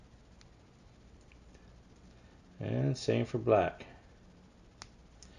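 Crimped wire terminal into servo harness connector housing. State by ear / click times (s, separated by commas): seated / 4.8 s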